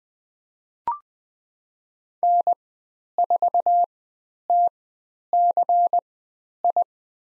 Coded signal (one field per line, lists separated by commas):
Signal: Morse code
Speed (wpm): 20 wpm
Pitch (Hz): 700 Hz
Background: none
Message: N4TCI